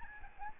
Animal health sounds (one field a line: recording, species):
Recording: mosquito wingbeat signal from an infrared sensor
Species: Aedes albopictus